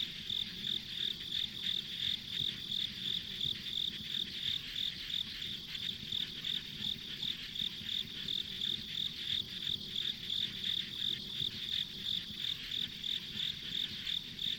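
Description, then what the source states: Insect: a long run of high insect chirping, evenly pulsed about three times per second, over a steady shimmering chorus and low background hum. Ambient insect sounds on a country road.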